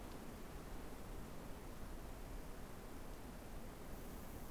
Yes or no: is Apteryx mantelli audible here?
no